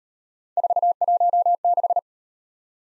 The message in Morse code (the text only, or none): 416